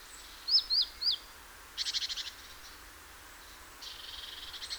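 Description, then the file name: Great tit calls: three sharp rising-falling notes followed by buzzy pulsed churring, a second fainter churr at the end. "Parus major"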